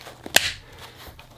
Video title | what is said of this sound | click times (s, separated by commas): Juggernaut Phone Case | nice click pops in and you can fold it in and out like you want to | 0.4 s